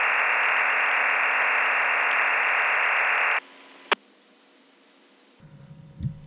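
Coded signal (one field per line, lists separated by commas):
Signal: digital SSTV (DRM)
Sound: steady wideband hiss-like data roar for three seconds, abrupt stop, click, then faint noise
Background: radio squelch tail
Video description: MELBOURNE "EASYPAL" ham radio digital slow scan TV net audio log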